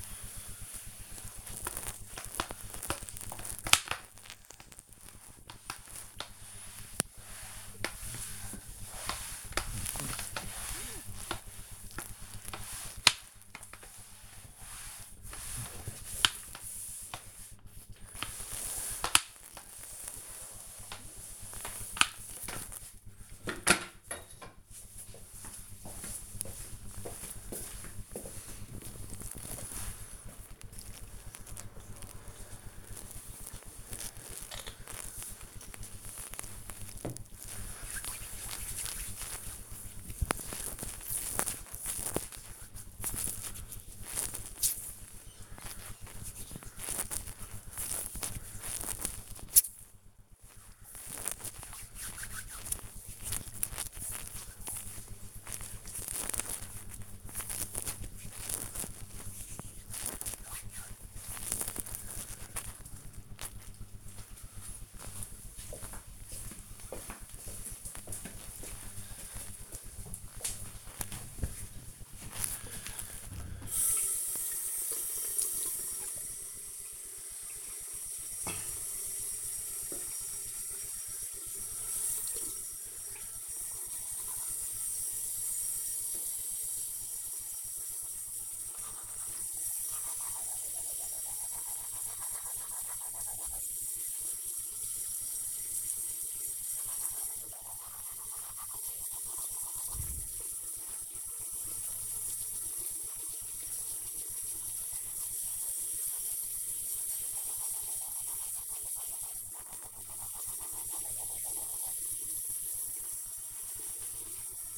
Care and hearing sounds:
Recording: household activities, microphone on the right wrist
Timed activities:
0.00-21.58 s: floor cleaning
30.63-61.86 s: cream hands
74.97-114.78 s: brushing teeth

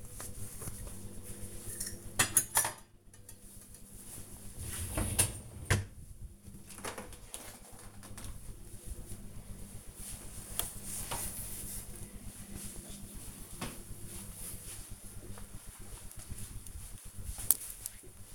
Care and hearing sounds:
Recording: household activities, microphone on the right wrist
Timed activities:
0.00-8.13 s: cleaning out the dishwasher

